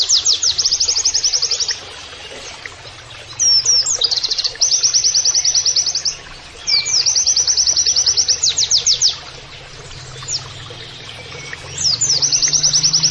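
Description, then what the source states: White-eye singing canary-like phrases: extended high rapid trills broken by brief pauses and quick chirps. Masteran training audio of a persistently singing (gacor) white-eye (pleci) with canary-like phrases, a style called nembak kenarian.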